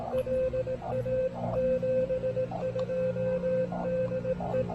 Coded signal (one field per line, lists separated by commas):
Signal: Morse code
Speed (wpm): 18 wpm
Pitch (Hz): 520 Hz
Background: music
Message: LA 72 DE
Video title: POTA: Reunited with the venerable Elecraft K1 at Hawk's Nest State Park!